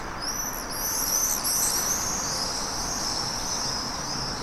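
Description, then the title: Common swifts scream in shrill, high overlapping trills, several birds calling at once throughout above a faint steady background hum. Common swifts recorded from an apartment in Staré Mesto, Slovakia. "Staré Mesto, Slovenská republika - common swifts"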